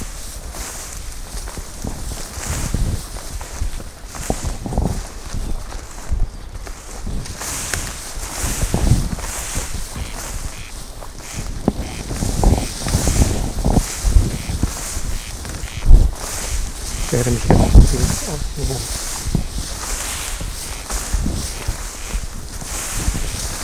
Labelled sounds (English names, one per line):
Corn Crake